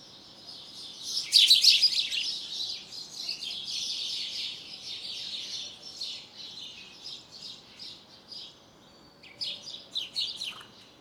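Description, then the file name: House sparrow chirping, a dense run of bright, chattering chirps that swells, fades, then bursts again near the end. "Passer domesticus"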